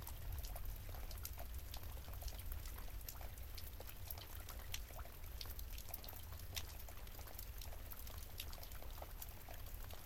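Rain falls steadily and densely, with countless sharp drops ticking and splattering over a constant low rumbling wash. The level stays even for the whole stretch, and no distinct thunderclap stands out, only the continuous deep roar underneath the pattering.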